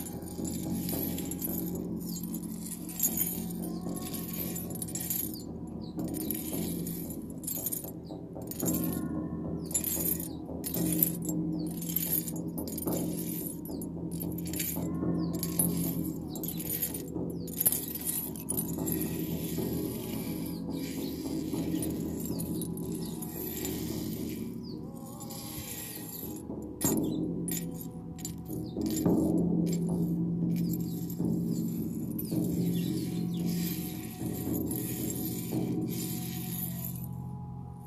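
Low, sustained singing bowl tones hum steadily while a bracelet and chimes jangle brightly in frequent, irregular bursts throughout the recording.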